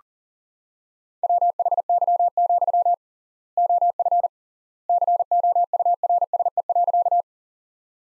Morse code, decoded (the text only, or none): WHY, OF COURSE.